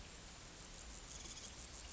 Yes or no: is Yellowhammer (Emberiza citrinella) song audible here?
no